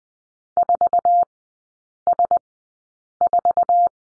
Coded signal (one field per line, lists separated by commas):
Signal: Morse code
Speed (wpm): 20 wpm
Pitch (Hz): 700 Hz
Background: none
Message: 4S4